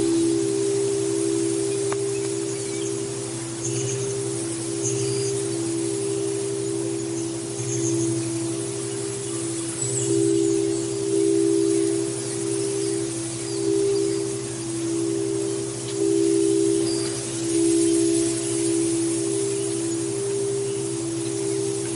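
Singing bowls hold a steady, pulsing hum in a light breeze among redwood trees, with faint soft chimes and a low drone underneath.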